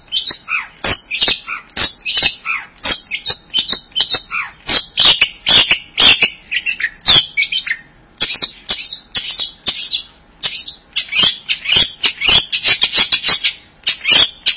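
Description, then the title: Bird song of dense, rapid high chirps and short trills running almost continuously, with a few brief pauses between bursts. "burung online"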